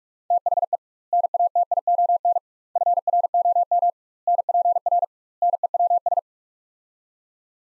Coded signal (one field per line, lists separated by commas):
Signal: Morse code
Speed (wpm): 46 wpm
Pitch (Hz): 700 Hz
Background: none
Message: THE NATION FROM NPR NEWS